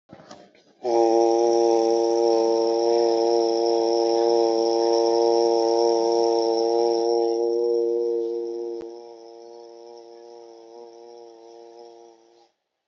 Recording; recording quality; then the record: sustained vowel as in boot; excellent, no background noise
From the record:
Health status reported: healthy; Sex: male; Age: 43 years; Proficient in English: yes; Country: India